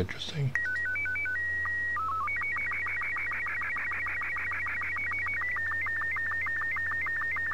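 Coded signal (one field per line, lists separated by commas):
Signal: SSTV (slow-scan television)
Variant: Robot 36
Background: speech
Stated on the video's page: SSTV images converted to WAV files and played from the transceiver's voice memories, with RS-BA1 in use.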